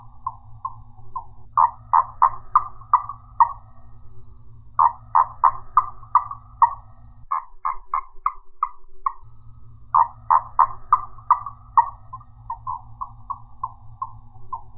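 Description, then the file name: Gastrotheca ovifera calls: runs of short, clucking pulsed notes with brief pauses between runs, over a low hum. "Gastrotheca ovifera"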